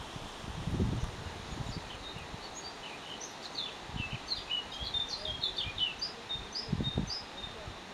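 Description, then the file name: Eurasian blackcap producing a rambling series of high, chattering and warbling notes, interrupted by a few dull low thumps. "Sylvia atricapilla"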